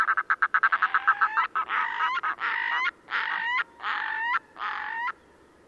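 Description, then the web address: Red-throated loon song: a fast run of loud cackling notes that slows into longer drawn, nasal wails with hooked endings. "chant xeno-canto plongeon catmarin"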